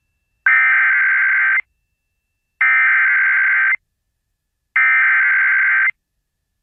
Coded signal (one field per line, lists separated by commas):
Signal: Emergency Alert System (SAME) tones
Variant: header bursts